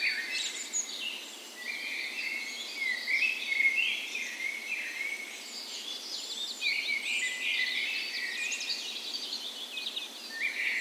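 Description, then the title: Many birds in a dawn chorus, layered twittering and trilled phrases running steadily. Spring dawn chorus on the morning of 17 May, Norway's National Day, in a park west in Bergen, Norway; recorded with a Sony PCM A10 and LOM micro Usi mics as tree ears. "17th Of May Dawn Chorus"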